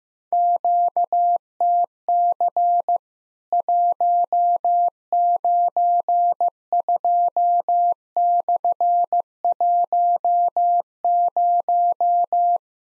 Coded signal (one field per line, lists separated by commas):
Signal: Morse code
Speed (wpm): 15 wpm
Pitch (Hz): 700 Hz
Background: none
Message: QTC 192/10